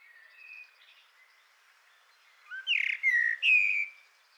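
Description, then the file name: Common blackbird song: faint soft whistles, then a loud rich phrase of three fluty notes. "Turdus merula"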